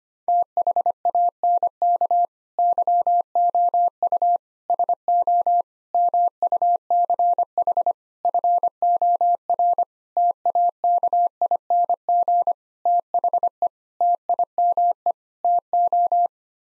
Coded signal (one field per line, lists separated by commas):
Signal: Morse code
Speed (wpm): 25 wpm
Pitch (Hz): 700 Hz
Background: none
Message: THANK YOU SO MUCH FOR TAKING THE TIME TO